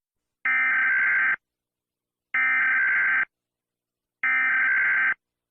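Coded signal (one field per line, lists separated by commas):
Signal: Emergency Alert System (SAME) tones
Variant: header bursts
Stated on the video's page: A short fictional EAS scenario.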